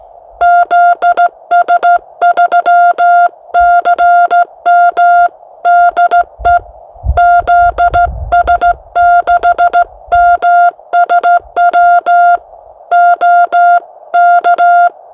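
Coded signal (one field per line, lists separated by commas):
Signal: Morse code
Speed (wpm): 15 wpm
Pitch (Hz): 700 Hz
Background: none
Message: ZS3CM DE ZS6MSW OK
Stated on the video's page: Morse practice session ahead of a CW RaDAR event.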